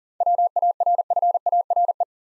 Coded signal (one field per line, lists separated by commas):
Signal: Morse code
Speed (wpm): 42 wpm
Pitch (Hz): 700 Hz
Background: none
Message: WARFARE